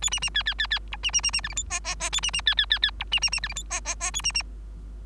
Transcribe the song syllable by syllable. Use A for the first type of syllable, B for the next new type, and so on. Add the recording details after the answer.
A B B C C C C D B B B B E F G H H H A B B C C C C D B B B E F G H H H A B B. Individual Bird3